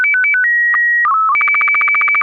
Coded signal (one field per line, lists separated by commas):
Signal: SSTV (slow-scan television)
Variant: Robot BW 8